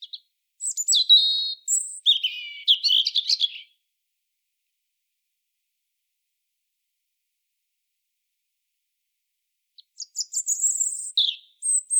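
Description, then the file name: European robin song: two bursts of thin, high warbling phrases with sliding whistles and rapid twitters, separated by about six seconds of silence. "Erithacus rubecula"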